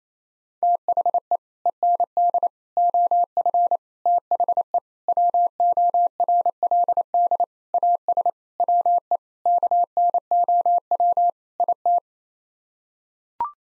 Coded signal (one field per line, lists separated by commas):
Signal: Morse code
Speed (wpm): 28 wpm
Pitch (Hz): 700 Hz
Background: none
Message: THE END OF THE WORLD AS WE KNOW IT